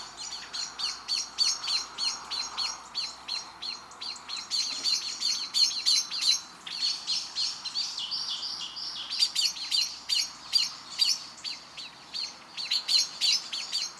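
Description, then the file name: Common blackbird giving sharp, high chinking notes in quick, uneven runs, about three per second, continuing throughout with brief pauses. "Turdus merula"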